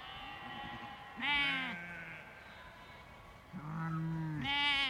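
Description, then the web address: Sheep bleating, several wavering bleats of different pitch, a longer one overlapped by a higher one near the end. A large flock of sheep with lambs, bleating in a field in the countryside. "Large Flock Of Sheep Lambs Bleeting In Field"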